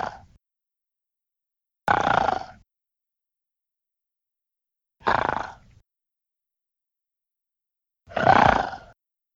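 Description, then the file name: Pig giving harsh, rasping grunting squeals under a second long, repeated every few seconds with silence between them. "cerdo"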